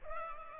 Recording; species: mosquito wingbeat signal from an infrared sensor; Culex pipiens